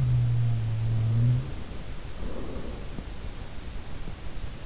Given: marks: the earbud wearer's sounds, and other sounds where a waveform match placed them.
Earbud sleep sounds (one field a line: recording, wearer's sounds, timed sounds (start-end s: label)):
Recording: sounds in sleep by an in-ear microphone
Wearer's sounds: breath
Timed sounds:
0.00-1.71 s: sound from someone else or the room
0.72-3.32 s: breath